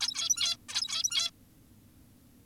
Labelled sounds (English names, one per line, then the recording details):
Zebra Finch
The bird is an adult
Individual g17y2U